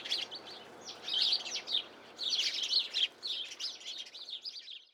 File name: Passer domesticus